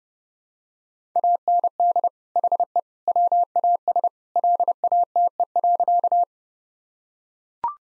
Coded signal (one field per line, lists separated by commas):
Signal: Morse code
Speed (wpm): 30 wpm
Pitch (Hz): 700 Hz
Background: none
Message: AND HE WAS LATE.